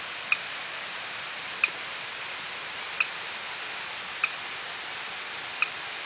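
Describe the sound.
Aplastodiscus arildae tree frog giving short, sharp single notes, five in a row spaced roughly every 1.3 seconds, over a steady background hiss.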